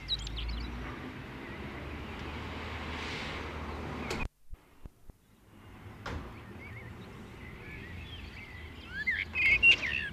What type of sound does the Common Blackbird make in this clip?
song